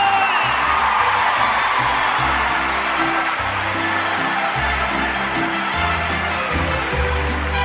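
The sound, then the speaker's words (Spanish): Audience applause and cheering for the mariachi fill the whole stretch as a steady, loud wash with scattered whoops, while the band's deep bass line keeps playing underneath. “¡El aplauso, mariachi!”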